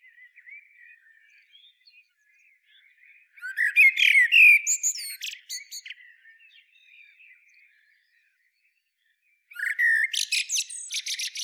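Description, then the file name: Eurasian blackbird song: two bursts of phrases, each opening with a whistled note and breaking into squeaky, high twittering. A long quiet gap separates them. "Turdus merula"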